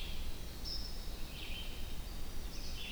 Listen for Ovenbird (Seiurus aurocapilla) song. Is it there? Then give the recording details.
no. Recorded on 25 June 2016 at 06:50. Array SBT-6-76